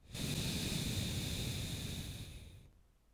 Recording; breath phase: one breath near a microphone; exhalation